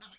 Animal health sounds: pig call; piglet (1 to 25 days)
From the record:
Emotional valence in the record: positive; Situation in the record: short reunion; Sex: male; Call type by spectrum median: high-frequency call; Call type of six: low-frequency tonal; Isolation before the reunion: 3 minutes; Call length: 0.19 s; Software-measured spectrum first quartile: 1196 Hz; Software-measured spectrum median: 2938 Hz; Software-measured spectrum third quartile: 3905 Hz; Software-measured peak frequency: 3481 Hz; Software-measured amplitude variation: 145 dB a second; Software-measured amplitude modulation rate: 7.9 a second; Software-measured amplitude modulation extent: 18.2 dB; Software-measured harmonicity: 2.5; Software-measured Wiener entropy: -1.15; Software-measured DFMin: 688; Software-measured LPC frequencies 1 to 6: 1426, 3176, 3582, 4950, 6160, 7419 Hz

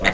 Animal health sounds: pig call; piglet (1 to 25 days)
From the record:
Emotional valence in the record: positive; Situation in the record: reunion after long isolation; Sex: male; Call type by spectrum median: low-frequency call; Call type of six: low-frequency tonal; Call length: 0.14 s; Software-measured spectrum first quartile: 438 Hz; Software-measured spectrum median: 1453 Hz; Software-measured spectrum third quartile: 2287 Hz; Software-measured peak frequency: 2026 Hz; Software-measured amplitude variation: 162 dB a second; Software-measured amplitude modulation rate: 10.8 a second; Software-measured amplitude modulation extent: 15.0 dB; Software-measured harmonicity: -0.5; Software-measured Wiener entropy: -1.42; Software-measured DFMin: 882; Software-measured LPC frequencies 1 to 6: 642, 2016, 3737, 4458, 6332, 6985 Hz

